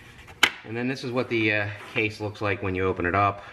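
The tab latch on the lid of a Yuneec Breeze 4K drone kit's plastic carry case is pressed in and pulled up, giving a single sharp click at 0.4 s as the latch releases. The case then opens. Someone talks throughout the rest of the clip.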